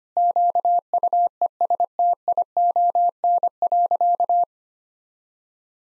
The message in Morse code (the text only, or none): QUESTION.